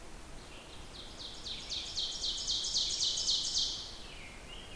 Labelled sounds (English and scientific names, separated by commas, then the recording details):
Ovenbird (Seiurus aurocapilla) song
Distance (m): 40 m
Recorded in boreal forest in Alberta, Canada, on 14 June 2016 at 06:41
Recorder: SongMeter 3, array SBT-3-33
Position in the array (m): 111 m, 79 m
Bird 21